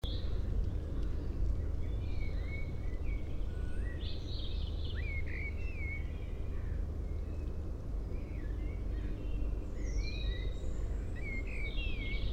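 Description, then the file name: Common blackbird singing a long, nearly continuous series of fluty and twittering phrases over heavy low-pitched background rumble. "Turdus merula"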